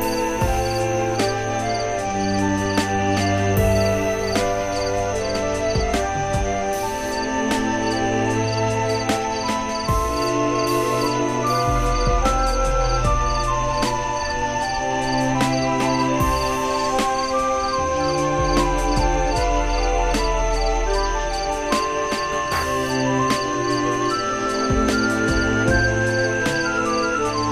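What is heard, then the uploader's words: Slow, calm music plays throughout, with soft melodic lines over deep held bass notes that change every few seconds. A steady, rapid high chirping of crickets runs underneath the whole time, and the loudness stays even from start to finish. Calming Serenade With Relaxing Music, Flute, Singing Crickets & Nature Sounds. Relaxing music, singing crickets, night sounds and other enchanting nature sounds.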